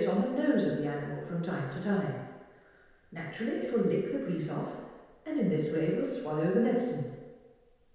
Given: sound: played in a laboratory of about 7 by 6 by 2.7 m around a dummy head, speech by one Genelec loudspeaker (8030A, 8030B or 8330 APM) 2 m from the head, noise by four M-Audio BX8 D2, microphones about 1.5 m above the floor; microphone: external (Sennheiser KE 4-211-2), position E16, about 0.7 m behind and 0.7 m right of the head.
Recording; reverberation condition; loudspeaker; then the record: female speech in English; high; 120 degrees to the left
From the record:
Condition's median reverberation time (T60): about 1300 ms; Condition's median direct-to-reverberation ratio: about -4.0 dB